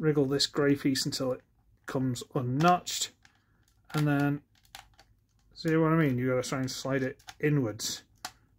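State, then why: Seated. While someone talks, a gray plastic piece on an M.A.R.S. Converters Earthmover transforming toy figure is wriggled loose and slid inwards into the figure's body, with a few faint plastic ticks around 4.7 to 5.0 s. A single sharp snap comes at 8.3 s as the piece locks into place.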